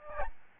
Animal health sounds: mosquito wingbeat signal from an infrared sensor; Aedes albopictus

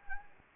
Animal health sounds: mosquito wingbeat signal from an infrared sensor; Anopheles gambiae

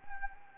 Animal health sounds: mosquito wingbeat signal from an infrared sensor; Anopheles gambiae

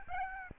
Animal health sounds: mosquito wingbeat signal from an infrared sensor; Aedes albopictus

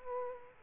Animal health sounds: mosquito wingbeat signal from an infrared sensor; Aedes aegypti

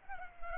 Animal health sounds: mosquito wingbeat signal from an infrared sensor; Culex pipiens

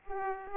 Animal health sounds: mosquito wingbeat signal from an infrared sensor; Aedes aegypti

